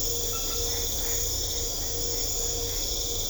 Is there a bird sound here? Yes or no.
no